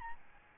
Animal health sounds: mosquito wingbeat signal from an infrared sensor; Aedes albopictus

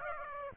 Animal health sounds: mosquito wingbeat signal from an infrared sensor; Aedes aegypti

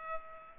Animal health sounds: mosquito wingbeat signal from an infrared sensor; Culex pipiens

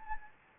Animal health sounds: mosquito wingbeat signal from an infrared sensor; Anopheles gambiae

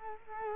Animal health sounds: mosquito wingbeat signal from an infrared sensor; Culex quinquefasciatus

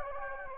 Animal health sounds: mosquito wingbeat signal from an infrared sensor; Anopheles gambiae

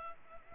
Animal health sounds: mosquito wingbeat signal from an infrared sensor; Culex pipiens

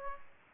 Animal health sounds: mosquito wingbeat signal from an infrared sensor; Aedes aegypti

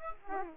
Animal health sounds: mosquito wingbeat signal from an infrared sensor; Aedes aegypti

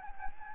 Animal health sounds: mosquito wingbeat signal from an infrared sensor; Anopheles gambiae

